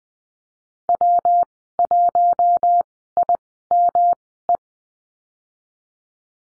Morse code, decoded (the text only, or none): W1IME